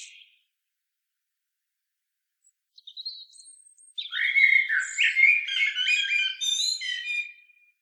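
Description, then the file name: Common blackbird song: a few faint high notes, then a long, loud phrase of low fluting notes mixed with dense high twittering. "Turdus merula"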